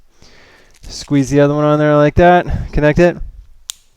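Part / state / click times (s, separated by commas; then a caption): leg band air hose connector into compression cycle device / seated / 3.7 s. Someone talks while squeezing the second leg band's air hose connector onto the compression cycle device. A sharp click sounds at 3.7 s as the connector seats.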